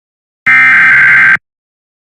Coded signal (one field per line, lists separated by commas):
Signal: Emergency Alert System (SAME) tones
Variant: header bursts